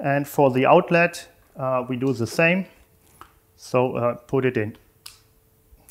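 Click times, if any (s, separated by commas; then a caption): 5.1 s. A hose quick connector is pushed onto the outlet port of a beverage CO2 meter, done the same way as on the inlet, while someone talks. A short, sharp click is heard at 5.1 s, and the connector seats onto the outlet.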